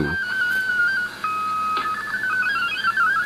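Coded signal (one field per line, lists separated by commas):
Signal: multi-tone FSK (Olivia or MFSK type)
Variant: MFSK32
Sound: steady whistle tone, a click, then rapid warbling stepping tones like a chirpy melody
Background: radio static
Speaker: but as soon as this particular transmission ends they'll switch to mfsk 32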